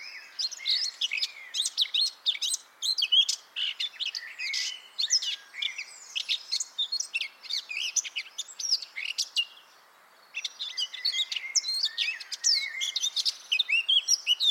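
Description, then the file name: Eurasian blackcap song, long continuous fast warbling of varied high chirps and short whistles, with one brief gap around ten seconds. "Sylvia atricapilla"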